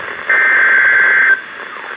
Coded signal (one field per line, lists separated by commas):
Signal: Emergency Alert System (SAME) tones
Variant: header bursts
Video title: Severe Thunderstorm Warning (EAS #1472-1473)